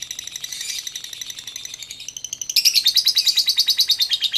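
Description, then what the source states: Oriental magpie-robin song: soft high twittering at first, then a sudden loud, rapid trill of sharp notes that continues to the end. Chirping song.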